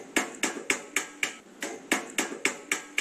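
Sharp metallic hammer strikes on an iron plate as an artisan creates an iron plate relief, a Hebei provincial intangible cultural heritage art, live at an exhibition's Hebei pavilion, about ten evenly paced blows in three seconds, each a bright ringing clank with a quick decay, loud and steady with no voices.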